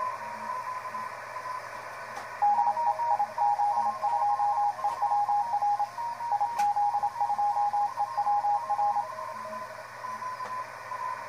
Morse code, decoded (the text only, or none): DE IZ2EWR IZ2EWR